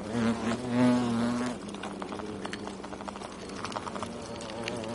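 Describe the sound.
European hornet wing buzz, loud and low for the first second and a half, then a fainter wavering hum with scattered clicks.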